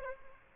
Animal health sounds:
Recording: mosquito wingbeat signal from an infrared sensor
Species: Aedes aegypti

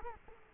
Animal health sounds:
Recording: mosquito wingbeat signal from an infrared sensor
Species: Culex quinquefasciatus

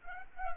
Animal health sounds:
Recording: mosquito wingbeat signal from an infrared sensor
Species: Culex pipiens

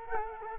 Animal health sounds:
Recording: mosquito wingbeat signal from an infrared sensor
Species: Culex quinquefasciatus

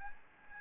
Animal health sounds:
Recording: mosquito wingbeat signal from an infrared sensor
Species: Aedes albopictus

